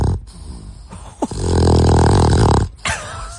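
Beefcake, a napping 10-year-old pug, chihuahua and bull terrier mix, gives long, deep, rumbling snores with a throaty buzz, a deep baritone with heavy bass; all three breeds are known to snore and have breathing problems.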